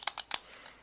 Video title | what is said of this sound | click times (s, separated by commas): Astro Switch Set 02 Review | and it clicks into place at the bottom | 0.3 s